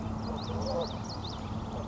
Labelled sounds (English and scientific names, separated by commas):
Common Yellowthroat (Geothlypis trichas)